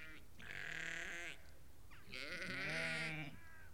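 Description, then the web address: Sheep bleating: two long bleats, the second a little louder. A flock of about 30 to 50 ewes and lambs calling. "BBC Sound Effects Library (Livestock) About 30-50 Ewes and Lambs Calling"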